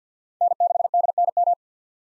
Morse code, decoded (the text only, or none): N6DNM